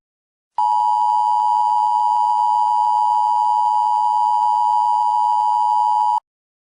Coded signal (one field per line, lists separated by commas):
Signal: Emergency Alert System (SAME) tones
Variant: 853 and 960 Hz attention tone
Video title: EAS Scenario - ISIS Invades America, Part 1